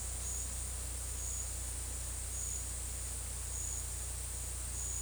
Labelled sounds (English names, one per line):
none